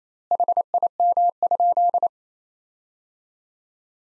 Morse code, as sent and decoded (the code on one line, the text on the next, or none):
.... .. -- ..--..
HIM?